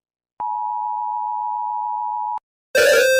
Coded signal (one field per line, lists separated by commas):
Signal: Emergency Alert System (SAME) tones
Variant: 853 and 960 Hz attention tone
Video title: Rating EAS alarms from Different Countries #shorts #EAS